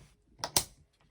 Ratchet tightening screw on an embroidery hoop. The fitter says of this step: okay that cracked so that's the click